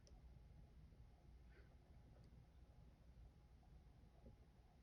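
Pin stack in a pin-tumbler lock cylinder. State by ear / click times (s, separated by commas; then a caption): not seated / none. With rotational tension held on a cutaway pin-tumbler training lock, a pick slowly lifts a binding pin in the pin stack of the lock cylinder. Only a steady low background rumble is heard, with a faint tick near the start. Nothing has seated or clicked yet.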